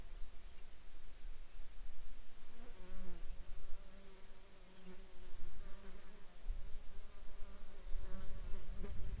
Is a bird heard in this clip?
yes